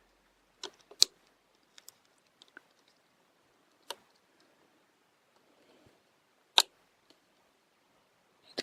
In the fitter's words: in a very controlled manner clicks